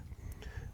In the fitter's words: on the underside you just make sure that you push that lock across so that it is locked